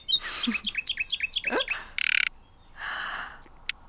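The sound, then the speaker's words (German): Awakening birds chirping at dawn, so early it is still more night than day: a quick run of about seven bright, repeated notes, followed by a short buzzy trill, a softer rushing stretch, and one last sharp peep, with no voices. “Sie mag das Gezwitscher der erwachenden Vögel, die ihr von ihren Träumen erzählen.”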